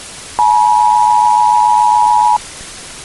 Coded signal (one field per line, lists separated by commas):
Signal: Emergency Alert System (SAME) tones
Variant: 853 and 960 Hz attention tone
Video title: SLENDERMAN EMERGENCY ALERT SYSTEM ANALOG HORROR